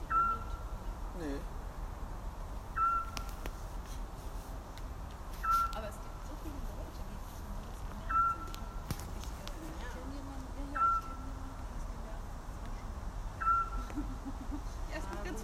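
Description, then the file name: Eurasian scops owl giving a single short, pure whistled note, repeated steadily about every two and a half seconds, six times, over a low background rumble. Recorded on 3 May 2018. "Zwergohreule 03 05 2018"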